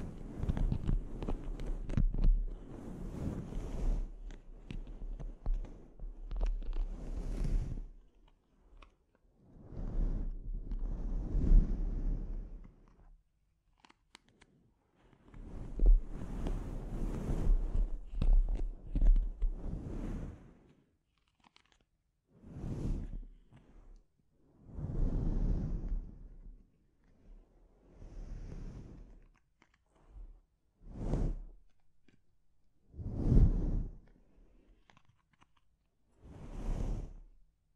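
Scalp treatment: bursts of scratchy, crunching rubbing that rise and fade, broken by short silences. The first twenty seconds bring long, dense stretches; after that the strokes grow shorter and more spaced, with brief crisp swipes near 31, 33 and 37 seconds.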